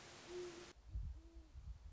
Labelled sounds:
Great Horned Owl
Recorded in Sonoma County, California

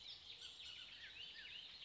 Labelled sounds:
Bullock's Oriole
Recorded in Sonoma County, California

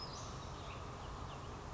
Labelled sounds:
Western Flycatcher
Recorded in Sonoma County, California

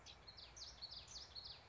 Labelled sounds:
Common Yellowthroat
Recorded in Sonoma County, California

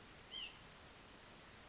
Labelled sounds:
White-breasted Nuthatch
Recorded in Sonoma County, California

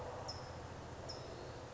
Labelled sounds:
California Towhee
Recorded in Sonoma County, California

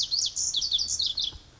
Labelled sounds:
Pacific Wren
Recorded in Sonoma County, California

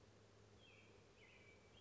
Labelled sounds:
American Robin
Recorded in Sonoma County, California

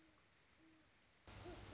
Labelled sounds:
Great Horned Owl
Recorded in Sonoma County, California

